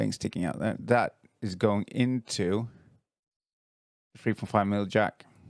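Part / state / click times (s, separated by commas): 3.5mm audio plug into wireless microphone receiver jack / not seated / none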